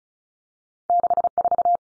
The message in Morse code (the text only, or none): 6 4